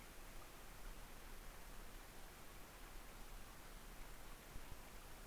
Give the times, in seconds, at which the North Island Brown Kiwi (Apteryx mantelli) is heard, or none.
none